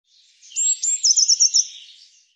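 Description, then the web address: Eurasian blue tit giving a single high call: thin introductory notes followed by a quick run of about five clipped, trilled notes, against silence. Cleaned and normalized recording. "Deverinetal"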